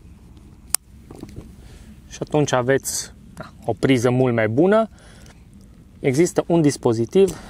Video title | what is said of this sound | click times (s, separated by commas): Trei produse faine de la FLEXTAIL / VOLLYC - Ezybag, Evo Tire Pump 150, Tiny Shower Bucket | acest adaptor care face aice click direct pe el. Auziți ce fain e? | 0.8 s